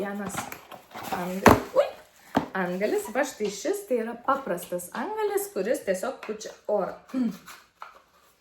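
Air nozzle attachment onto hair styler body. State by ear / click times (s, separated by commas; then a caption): not seated / none. A plain plastic air nozzle attachment for a hair styler body is handled while someone talks, with short bumps near 2.4 and 7.8 seconds. The clip ends before the nozzle goes home on the styler, so nothing has seated or clicked yet.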